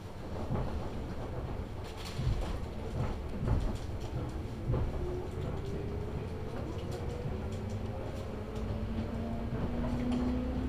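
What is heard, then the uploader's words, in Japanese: A local train on the Chuo East Line runs from Otsuki toward Takao, with a steady low rumble throughout. Sharp knocks land around two, three and a half, and five seconds, and from midway a motor whine slowly climbs in pitch as the train speeds up. 中央東線普通 大月→高尾。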